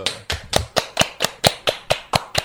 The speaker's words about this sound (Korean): 박수.